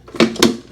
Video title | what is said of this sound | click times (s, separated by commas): Pride Mobility Go Go Elite Traveler 2 (SC44E2) Review | and it clicks right into place | 0.2 s, 0.4 s